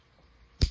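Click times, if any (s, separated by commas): 0.6 s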